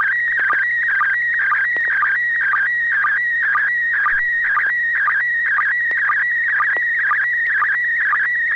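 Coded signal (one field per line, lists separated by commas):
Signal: SSTV (slow-scan television)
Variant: PD120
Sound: continuous warbling, buzzy tone with short low sync blips about every half second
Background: low hum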